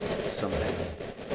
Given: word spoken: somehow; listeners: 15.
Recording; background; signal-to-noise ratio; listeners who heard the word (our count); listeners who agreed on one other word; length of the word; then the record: one English word in noise, from a listening test; noise modulated by three-talker babble; -3.5 dB; 4 of 15; 8 of 15; 0.96 s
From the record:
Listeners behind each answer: 8, 4, 1, 1, 1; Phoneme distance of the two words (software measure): 27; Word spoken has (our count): 2 syllables, 5 phonemes, stress on syllable 2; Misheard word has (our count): 2 syllables, 6 phonemes, stress on syllable 1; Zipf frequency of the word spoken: 4.52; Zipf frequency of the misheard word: 6.02